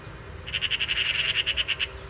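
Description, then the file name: Eurasian magpie chattering: a fast, harsh, dry rattle of about a dozen evenly spaced chacks lasting under two seconds. "Pica pica"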